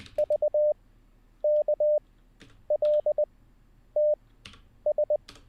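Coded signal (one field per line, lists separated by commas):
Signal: Morse code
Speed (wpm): 20 wpm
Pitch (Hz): 600 Hz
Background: none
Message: VKLTS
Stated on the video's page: Morse code learning session, livestreamed, day 10.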